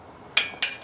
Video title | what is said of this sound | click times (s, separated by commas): Porsche 911 RS Backdate Part 31 | there we go, it's starting to click. I hope you can hear that. | 0.4 s, 0.6 s